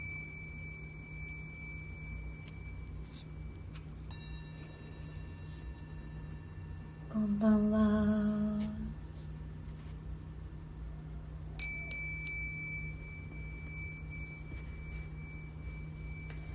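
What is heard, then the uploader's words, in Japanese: Singing bowls ring in long, steady tones over a constant low hum. New bowl tones join around four seconds, a louder, richer strike swells between seven and nine seconds, and a bright high tone enters near twelve seconds and holds to the end. シンギングボウルのサウンドヒーリングライブ。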